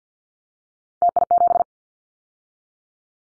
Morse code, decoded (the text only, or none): TI7